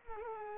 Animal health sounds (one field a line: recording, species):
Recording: mosquito wingbeat signal from an infrared sensor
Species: Culex pipiens